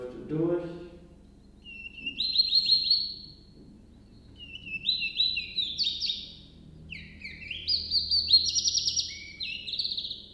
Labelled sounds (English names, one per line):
Willow Warbler